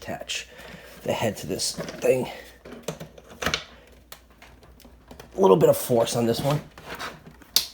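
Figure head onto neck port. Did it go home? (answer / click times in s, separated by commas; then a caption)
yes / 7.6 s. Someone talks while the plastic head of a Mattel Jurassic World Legacy Collection Brachiosaurus figure is pushed down hard onto its neck port. Several small handling clicks and knocks occur along the way, then a sharp, loud click at 7.6 s as the head snaps home and seats.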